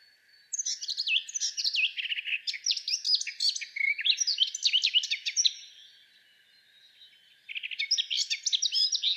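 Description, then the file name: Eurasian blackcap delivering long, hurried warbling phrases of sweet whistles mixed with harsher chattering notes, a brief quieter pause, then the warble resumes. "Sylvia atricapilla"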